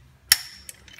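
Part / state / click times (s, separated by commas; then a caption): torque wrench on a wheel lug nut / torque reached / 0.3 s. A torque wrench set to 85 is tightening a wheel lug nut on a car wheel. A loud, sharp click at 0.32 s shows the wrench reaching its set torque, followed by a ringing decay and a few faint ratchet ticks near 0.7 s and 1.0 s.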